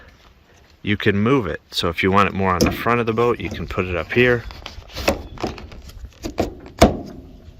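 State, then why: Seated. Someone talks while a bent PVC rod holder is moved to a new spot further forward on the aluminum railing of a pontoon boat and pressed on, with a few short knocks between 5.1 and 6.4 seconds. A sharp click at 6.8 seconds marks the rod holder locking into place on the railing.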